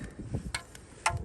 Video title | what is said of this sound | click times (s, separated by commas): How to fix Trouble Code P0305 and Replace Spark Plugs on a 2007 Chevy Tahoe 5.3L | this one to the spark plug interior got a little popping a little click right there | 0.6 s, 1.1 s